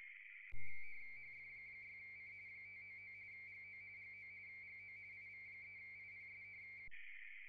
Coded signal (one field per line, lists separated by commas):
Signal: RTTY